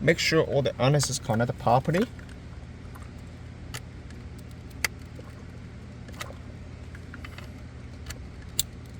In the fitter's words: Make sure you hear the clip sound, okay?